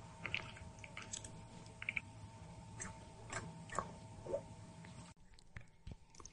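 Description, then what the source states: Cat chewing: soft irregular crunches and clicks over several seconds, with a steady hum underneath and a sudden drop in background level near the end. ASMR cats.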